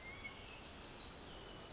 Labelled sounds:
Pacific Wren
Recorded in Sonoma County, California

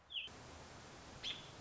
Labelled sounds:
American Robin
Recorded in Sonoma County, California

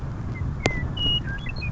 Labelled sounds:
Western Meadowlark
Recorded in Sonoma County, California

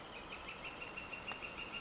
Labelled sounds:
Northern Flicker
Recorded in Sonoma County, California

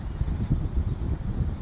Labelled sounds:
Blue-gray Gnatcatcher
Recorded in Sonoma County, California

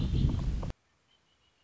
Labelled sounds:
Red-winged Blackbird
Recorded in Sonoma County, California

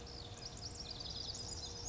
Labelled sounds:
Pacific Wren
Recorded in Sonoma County, California

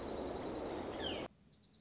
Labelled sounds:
Dark-eyed Junco
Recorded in Sonoma County, California

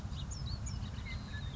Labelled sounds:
House Finch
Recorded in Sonoma County, California

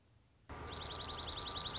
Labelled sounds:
Dark-eyed Junco
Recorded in Sonoma County, California

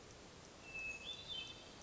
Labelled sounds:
Hermit Thrush
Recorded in Sonoma County, California

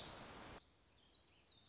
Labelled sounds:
Warbling Vireo
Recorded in Sonoma County, California

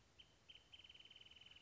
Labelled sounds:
Wrentit
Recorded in Sonoma County, California

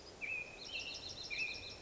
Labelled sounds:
American Robin
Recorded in Sonoma County, California

